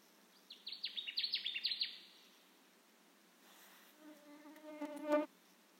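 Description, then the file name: Connecticut warbler song, one rapid phrase of repeated sharp, slurred notes, followed seconds later by a lower, harmonic buzzy sound. Recorded on 10 June 2021. "2021-06-10 Connecticut Warbler"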